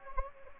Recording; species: mosquito wingbeat signal from an infrared sensor; Anopheles gambiae